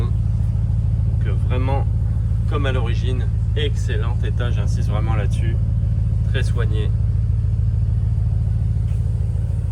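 A soft-close car door latch in the car body is being handled before the door goes home. A steady low engine hum runs throughout while someone talks. Nothing has seated or clicked yet.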